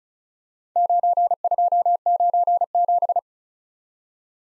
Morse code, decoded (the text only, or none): 9297